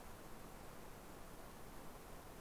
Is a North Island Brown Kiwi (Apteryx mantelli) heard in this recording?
no